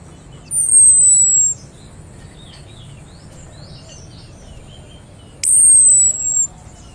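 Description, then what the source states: Orange-headed thrush calling: two thin, very high whistles, each gently falling and about a second long, separated by a few seconds. Recording features the 'cip' and 'brebetan' call types.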